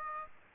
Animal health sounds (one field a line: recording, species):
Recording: mosquito wingbeat signal from an infrared sensor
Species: Aedes aegypti